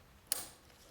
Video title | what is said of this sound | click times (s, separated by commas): Corvette/Camaro LT1 Fuel Injector Install - C4 Generation | and you'll hear those attach, click. | 0.3 s